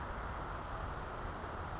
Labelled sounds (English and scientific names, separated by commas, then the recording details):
California Towhee (Melozone crissalis)
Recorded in Sonoma County, California